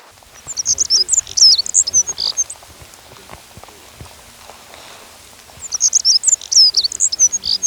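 Black-throated accentor song: two rapid, high twittering phrases of squeaky, scratchy notes, the first about two seconds long, the second starting after a three-second pause; faint low background noise.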